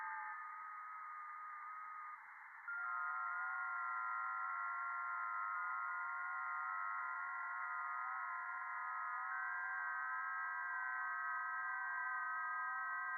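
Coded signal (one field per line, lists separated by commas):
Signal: FT8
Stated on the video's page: Real over-the-air FT8 on HF via a 40m NVIS dipole, not SDR or simulation.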